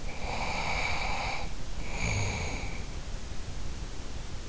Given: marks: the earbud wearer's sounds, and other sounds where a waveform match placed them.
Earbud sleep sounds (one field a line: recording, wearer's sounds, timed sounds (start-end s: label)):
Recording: sounds in sleep by an in-ear microphone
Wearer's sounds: snoring breath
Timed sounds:
0.00-3.05 s: snoring breath